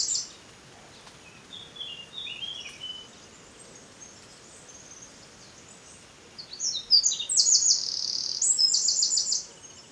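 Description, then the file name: Eurasian wren song: soft high warbling notes early on, then a loud burst of shrill, rapidly repeated trills near the end. "Troglodytes troglodytes"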